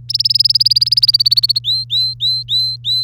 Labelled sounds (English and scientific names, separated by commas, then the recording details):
Domestic Canary (Serinus canaria) song
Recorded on 3 May 2018 at 09:51
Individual llb3